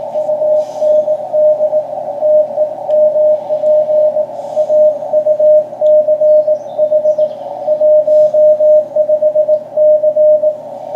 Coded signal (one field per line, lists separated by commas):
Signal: Morse code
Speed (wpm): 18 wpm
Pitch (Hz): 610 Hz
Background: radio noise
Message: UND TEMP AUCH 15C